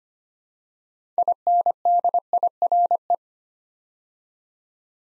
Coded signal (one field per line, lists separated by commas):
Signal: Morse code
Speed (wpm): 25 wpm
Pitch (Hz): 700 Hz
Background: none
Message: INDIRE